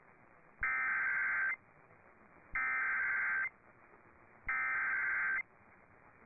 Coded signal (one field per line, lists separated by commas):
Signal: Emergency Alert System (SAME) tones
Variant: header bursts